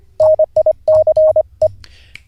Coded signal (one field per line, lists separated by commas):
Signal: Morse code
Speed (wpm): 25 wpm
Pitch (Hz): 620 Hz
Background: none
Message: NICE